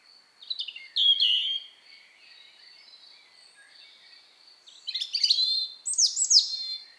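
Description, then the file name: European robin singing two separate phrases of tinkling, high-pitched notes, liquid trills and descending whistles, with a quiet gap of about three seconds between them. "Erithacus rubecula"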